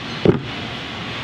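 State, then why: Seated. The trailer door of a 2020 T@G Max XL camper by NuCamp RV is swung open against the hold-open clip on the outside of the trailer. The clip snaps into place with one sharp hit at 0.3 s, holding the door so it will not move in the wind.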